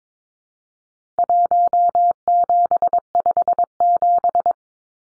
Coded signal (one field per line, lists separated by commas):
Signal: Morse code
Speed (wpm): 22 wpm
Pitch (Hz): 700 Hz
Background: none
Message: 1757